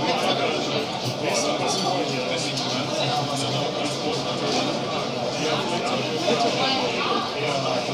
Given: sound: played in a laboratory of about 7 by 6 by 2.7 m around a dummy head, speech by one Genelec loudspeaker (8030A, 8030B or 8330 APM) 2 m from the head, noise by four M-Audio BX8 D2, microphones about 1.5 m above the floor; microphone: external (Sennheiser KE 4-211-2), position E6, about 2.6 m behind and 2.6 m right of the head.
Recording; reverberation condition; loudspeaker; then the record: cafeteria noise; medium; four, about 170 cm from the corners of the room and facing them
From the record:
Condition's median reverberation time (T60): about 510 ms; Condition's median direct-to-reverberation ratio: about -0.5 dB